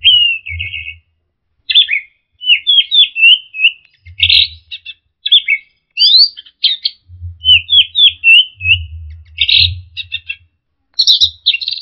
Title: Burung Anis Merah